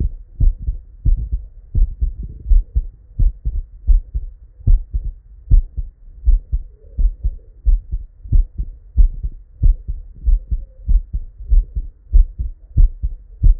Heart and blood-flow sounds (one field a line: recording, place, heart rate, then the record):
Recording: heart sounds by stethoscope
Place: Erb's point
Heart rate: 88 bpm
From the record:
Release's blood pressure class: normal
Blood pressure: 115/61 mmHg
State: at rest